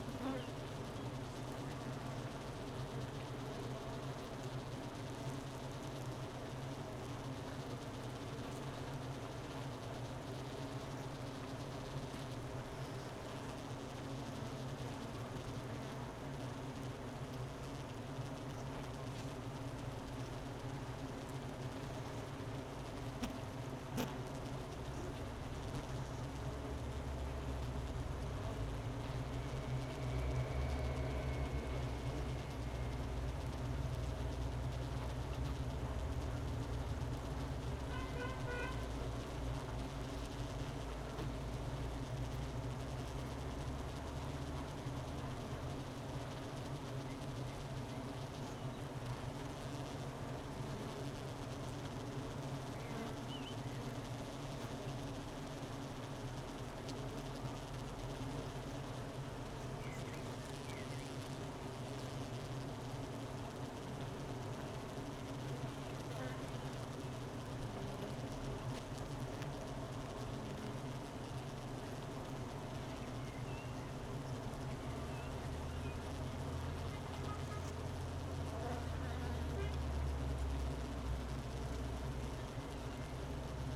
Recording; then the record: honeybee colony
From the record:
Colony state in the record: missing queen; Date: 31 May 2018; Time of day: 12:00